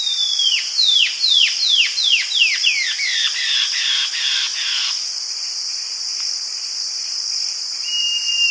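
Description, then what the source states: White-breasted antbird song: a rapid run of sharply descending whistled notes that grow flatter and fainter over about five seconds, then a lone whistle, over a continuous high insect hum. South America.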